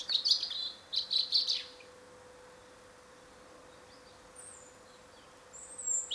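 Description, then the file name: European robin giving short high chittering phrases, three bursts, the first two close together and the third after a pause of nearly four seconds, with a faint steady low hum underneath. "Erithacus rubecula"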